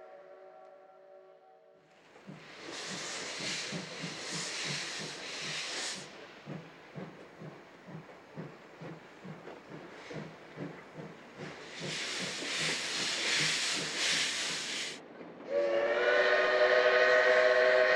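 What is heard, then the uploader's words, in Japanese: A steam locomotive works along the line, its exhaust beating in a fast, even rhythm over a low rumble. Loud bursts of hissing steam come and go near the start and again midway. A short soft whistle opens, and a loud, steady whistle blows at the end. 大井川鐵道・本線を走るC10,C11,C12牽引の「かわね路号」や臨時SL急行です。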